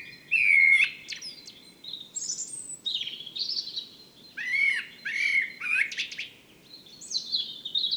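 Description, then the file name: Common blackbird song of clear whistled notes mixed with scratchy twitters, in several bursts throughout, with a soft low hum beneath. "Turdus merula"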